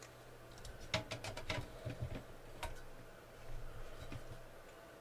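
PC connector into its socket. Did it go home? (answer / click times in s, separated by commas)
no / none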